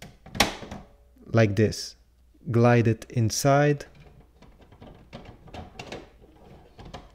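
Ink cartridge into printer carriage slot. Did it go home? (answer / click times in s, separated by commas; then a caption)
yes / 0.4 s. A first plastic ink cartridge is pushed upward with the thumb into the carriage slot of an HP Deskjet 4155e / 4100 Series printer and snaps home with a sharp click at 0.4 s. Someone then talks while soft handling taps follow, and the cartridge is seated and latched.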